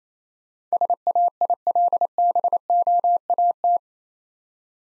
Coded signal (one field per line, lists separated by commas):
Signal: Morse code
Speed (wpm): 28 wpm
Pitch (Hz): 700 Hz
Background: none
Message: SAILBOAT